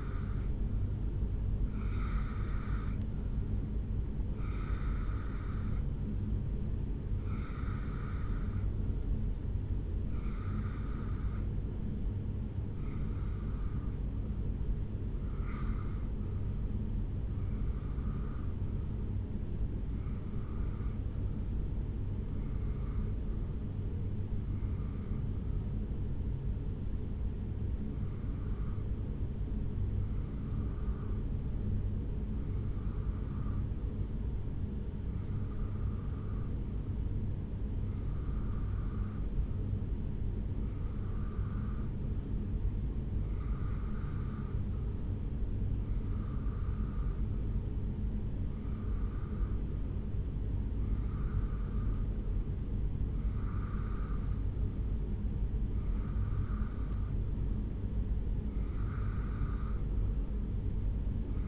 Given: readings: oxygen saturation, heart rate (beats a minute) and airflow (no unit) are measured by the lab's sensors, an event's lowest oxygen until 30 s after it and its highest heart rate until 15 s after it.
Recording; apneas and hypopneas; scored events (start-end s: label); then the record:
breathing in sleep by a smartphone at the bedside; 1
32.00-52.50 s: hypopnea (REM, oxygen 90% highest, then 86% lowest, heart rate 64 at the start, 69 highest)
From the record:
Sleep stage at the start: REM sleep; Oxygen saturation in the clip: 87 to 90%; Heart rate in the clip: 61 to 69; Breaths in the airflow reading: 24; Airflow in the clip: -2.0 to 1.5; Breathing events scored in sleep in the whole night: 449 in 7.0 hours asleep